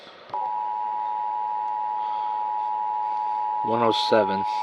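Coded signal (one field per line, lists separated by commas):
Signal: Emergency Alert System (SAME) tones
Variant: 853 and 960 Hz attention tone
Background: speech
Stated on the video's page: Mix of EAS test tones, including a TV station required weekly test, radio station weekly and monthly tests, and NOAA Weather Radio weekly tests.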